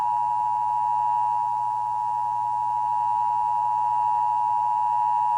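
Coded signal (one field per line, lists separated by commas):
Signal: Emergency Alert System (SAME) tones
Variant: 853 and 960 Hz attention tone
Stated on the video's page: Required Monthly Test aired on a New York television station during an evening newscast.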